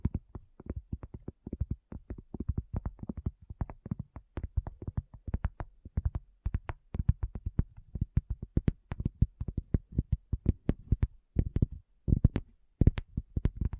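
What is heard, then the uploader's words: ASMR tapping made of rapid, sharp taps that come in quick bursts and clusters with short pauses between them. The hits are mostly low and dull, with a few brighter, crisper clicks scattered throughout. The rhythm stays busy and uneven over silence. ASMR Addictive Tapping. (No Talking).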